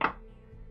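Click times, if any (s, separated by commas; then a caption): 0.0 s. A spring is pushed back into the printed belt tensioner assembly of a Da Vinci Chimera 200 Edition 3D printer upgrade, pressing on a small button inside until it snaps into place. One sharp snap is heard at 0.1 s, followed by quiet low background sound. The spring is seated in the tensioner.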